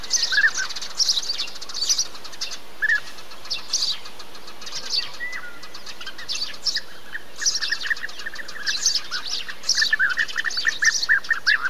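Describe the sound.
Bee-eater calls: repeated rolling, trilled notes, thickening into a run near the end, with higher sharp chirps over a steady low rumble.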